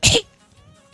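A single abrupt, explosive sneeze lasting about a fifth of a second, sharp and hissy, followed by near silence. It has a clipped, cough-like quality rather than a drawn-out 'achoo'.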